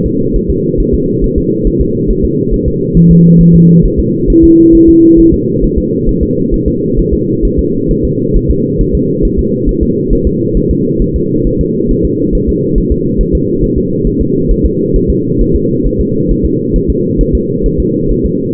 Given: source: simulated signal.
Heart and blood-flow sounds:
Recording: fetal heart sounds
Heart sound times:
0.06 s: S2
0.36 s: S1
0.50 s: S2
0.80 s: S1
0.94 s: S2
1.24 s: S1
1.38 s: S2
1.67 s: S1
1.81 s: S2
2.11 s: S1
2.25 s: S2
2.54 s: S1
2.68 s: S2
2.97 s: S1
3.11 s: S2
3.41 s: S1
3.55 s: S2
3.85 s: S1
4.00 s: S2
4.30 s: S1
4.44 s: S2
4.75 s: S1
4.89 s: S2
5.20 s: S1
5.34 s: S2
5.64 s: S1
5.78 s: S2
6.09 s: S1
6.23 s: S2
6.54 s: S1
6.68 s: S2
6.99 s: S1
7.14 s: S2
7.45 s: S1
7.59 s: S2
7.91 s: S1
8.05 s: S2
8.36 s: S1
8.51 s: S2
8.81 s: S1
8.95 s: S2
9.25 s: S1
9.39 s: S2
9.69 s: S1
9.83 s: S2
10.13 s: S1
10.27 s: S2
10.57 s: S1
10.71 s: S2
11.02 s: S1
11.16 s: S2
11.47 s: S1
11.61 s: S2
11.91 s: S1
12.05 s: S2
12.35 s: S1
12.49 s: S2
12.78 s: S1
12.92 s: S2
13.21 s: S1
13.35 s: S2
13.64 s: S1
13.78 s: S2
14.07 s: S1
14.21 s: S2
14.51 s: S1
14.66 s: S2
14.96 s: S1
15.10 s: S2
15.41 s: S1
15.56 s: S2
15.86 s: S1
16.01 s: S2
16.31 s: S1
16.45 s: S2
16.76 s: S1
16.90 s: S2
17.21 s: S1
17.35 s: S2
17.66 s: S1
17.80 s: S2
18.11 s: S1
18.26 s: S2
From the record:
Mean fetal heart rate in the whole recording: 135 bpm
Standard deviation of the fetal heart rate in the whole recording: 3 bpm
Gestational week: 36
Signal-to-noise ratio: -11.2 dB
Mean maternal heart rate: 72 bpm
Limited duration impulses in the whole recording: present

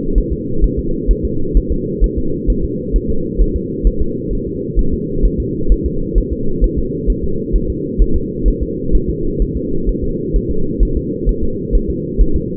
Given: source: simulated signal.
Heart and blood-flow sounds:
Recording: fetal heart sounds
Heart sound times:
0.18 s: S1
0.33 s: S2
0.64 s: S1
0.79 s: S2
1.11 s: S1
1.25 s: S2
1.57 s: S1
1.72 s: S2
2.04 s: S1
2.18 s: S2
2.50 s: S1
2.64 s: S2
2.96 s: S1
3.10 s: S2
3.41 s: S1
3.56 s: S2
3.87 s: S1
4.02 s: S2
4.33 s: S1
4.47 s: S2
4.79 s: S1
4.93 s: S2
5.25 s: S1
5.40 s: S2
5.72 s: S1
5.86 s: S2
6.18 s: S1
6.33 s: S2
6.64 s: S1
6.79 s: S2
7.10 s: S1
7.24 s: S2
7.56 s: S1
7.70 s: S2
8.02 s: S1
8.16 s: S2
8.48 s: S1
8.63 s: S2
8.95 s: S1
9.09 s: S2
9.42 s: S1
9.57 s: S2
9.89 s: S1
10.04 s: S2
10.36 s: S1
10.51 s: S2
10.83 s: S1
10.97 s: S2
11.29 s: S1
11.44 s: S2
11.75 s: S1
11.90 s: S2
12.21 s: S1
12.36 s: S2
From the record:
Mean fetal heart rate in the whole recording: 130 bpm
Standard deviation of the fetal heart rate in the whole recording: 2 bpm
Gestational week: 36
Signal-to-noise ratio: -8.1 dB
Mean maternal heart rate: 72 bpm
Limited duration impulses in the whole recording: absent

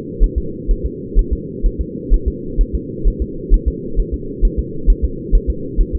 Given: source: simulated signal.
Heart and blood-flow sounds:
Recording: fetal heart sounds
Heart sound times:
0.24 s: S1
0.38 s: S2
0.71 s: S1
0.86 s: S2
1.19 s: S1
1.33 s: S2
1.66 s: S1
1.81 s: S2
2.14 s: S1
2.28 s: S2
2.61 s: S1
2.75 s: S2
3.08 s: S1
3.22 s: S2
3.54 s: S1
3.68 s: S2
4.00 s: S1
4.14 s: S2
4.45 s: S1
4.59 s: S2
4.90 s: S1
5.05 s: S2
5.35 s: S1
5.50 s: S2
5.81 s: S1
5.95 s: S2
From the record:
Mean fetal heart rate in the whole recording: 130 bpm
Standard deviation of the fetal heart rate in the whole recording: 2 bpm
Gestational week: 38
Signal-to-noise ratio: -4.3 dB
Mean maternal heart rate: 72 bpm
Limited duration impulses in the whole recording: absent

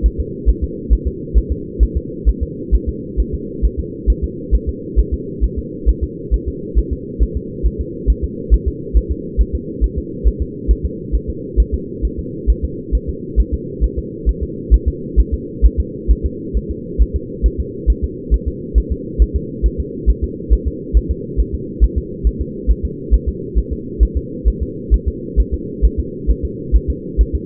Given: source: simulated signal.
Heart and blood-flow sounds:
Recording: fetal heart sounds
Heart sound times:
0.06 s: S1
0.20 s: S2
0.50 s: S1
0.64 s: S2
0.93 s: S1
1.07 s: S2
1.38 s: S1
1.52 s: S2
1.83 s: S1
1.97 s: S2
2.29 s: S1
2.43 s: S2
2.75 s: S1
2.89 s: S2
3.20 s: S1
3.35 s: S2
3.65 s: S1
3.80 s: S2
4.10 s: S1
4.24 s: S2
4.55 s: S1
4.69 s: S2
4.99 s: S1
5.14 s: S2
5.44 s: S1
5.59 s: S2
5.89 s: S1
6.04 s: S2
6.34 s: S1
6.48 s: S2
6.79 s: S1
6.93 s: S2
7.23 s: S1
7.37 s: S2
7.66 s: S1
7.81 s: S2
8.10 s: S1
8.24 s: S2
8.54 s: S1
8.68 s: S2
8.97 s: S1
9.12 s: S2
9.41 s: S1
9.55 s: S2
9.84 s: S1
9.98 s: S2
10.28 s: S1
10.42 s: S2
10.71 s: S1
10.85 s: S2
11.15 s: S1
11.30 s: S2
11.60 s: S1
11.74 s: S2
12.05 s: S1
12.19 s: S2
12.50 s: S1
12.64 s: S2
12.95 s: S1
13.09 s: S2
13.40 s: S1
13.54 s: S2
13.84 s: S1
13.98 s: S2
14.29 s: S1
14.43 s: S2
14.74 s: S1
14.88 s: S2
15.20 s: S1
15.34 s: S2
15.66 s: S1
15.80 s: S2
16.11 s: S1
16.26 s: S2
16.57 s: S1
16.71 s: S2
17.02 s: S1
17.16 s: S2
17.46 s: S1
17.60 s: S2
17.90 s: S1
18.04 s: S2
18.34 s: S1
18.48 s: S2
18.78 s: S1
18.92 s: S2
19.22 s: S1
19.36 s: S2
19.66 s: S1
19.80 s: S2
20.10 s: S1
20.24 s: S2
20.53 s: S1
20.68 s: S2
20.97 s: S1
21.11 s: S2
21.40 s: S1
21.55 s: S2
21.84 s: S1
21.98 s: S2
22.27 s: S1
22.41 s: S2
22.71 s: S1
22.85 s: S2
23.14 s: S1
23.29 s: S2
23.58 s: S1
23.73 s: S2
24.03 s: S1
24.17 s: S2
24.48 s: S1
24.62 s: S2
24.94 s: S1
25.08 s: S2
25.40 s: S1
25.54 s: S2
25.85 s: S1
26.00 s: S2
26.31 s: S1
26.45 s: S2
26.76 s: S1
26.90 s: S2
27.21 s: S1
27.35 s: S2
From the record:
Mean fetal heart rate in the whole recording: 135 bpm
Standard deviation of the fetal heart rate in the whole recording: 3 bpm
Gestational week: 34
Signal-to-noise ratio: -4.1 dB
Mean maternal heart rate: no maternal heart sound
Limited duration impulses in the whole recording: absent

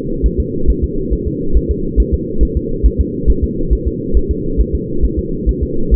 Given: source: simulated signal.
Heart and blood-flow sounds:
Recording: fetal heart sounds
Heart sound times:
0.26 s: S1
0.40 s: S2
0.70 s: S1
0.84 s: S2
1.13 s: S1
1.28 s: S2
1.57 s: S1
1.71 s: S2
2.00 s: S1
2.14 s: S2
2.43 s: S1
2.57 s: S2
2.86 s: S1
3.01 s: S2
3.30 s: S1
3.44 s: S2
3.73 s: S1
3.87 s: S2
4.17 s: S1
4.31 s: S2
4.61 s: S1
4.75 s: S2
5.05 s: S1
5.19 s: S2
5.49 s: S1
5.63 s: S2
5.94 s: S1
From the record:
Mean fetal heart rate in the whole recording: 135 bpm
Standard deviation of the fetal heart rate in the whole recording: 3 bpm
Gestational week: 34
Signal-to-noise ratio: -8.1 dB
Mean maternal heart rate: 72 bpm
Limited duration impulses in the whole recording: absent

